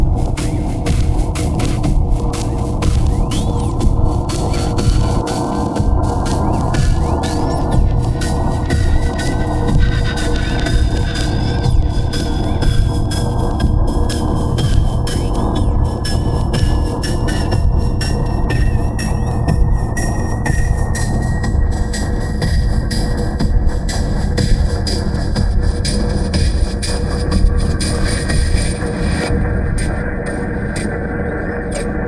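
Shaped noise with a dense, percussive texture: rapid clicking pulses run throughout over a heavy, rumbling low end. Faint tones glide slowly upward and downward in the upper range, and the level stays steady for the whole 32 seconds.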